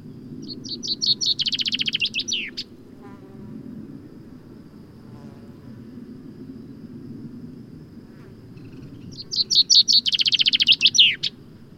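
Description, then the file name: Common chaffinch song: two bright, rapid trills, each ending in a flourish, separated by a long gap, over a low steady rumble. "Fringilla coelebs"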